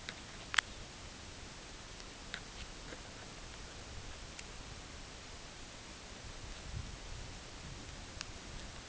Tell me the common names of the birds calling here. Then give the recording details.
none. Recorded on Arctic tundra, site UTQI-8, on 10 June 2019. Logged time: 14:00